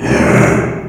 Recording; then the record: squeal of a Yucatan mini pig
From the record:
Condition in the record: after surgery on the right vocal fold (resection and tissue-engineered implant); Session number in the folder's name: 3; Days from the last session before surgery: 33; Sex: male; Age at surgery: 12 weeks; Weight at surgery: 13 kg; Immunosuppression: cyclosporine, prednisolone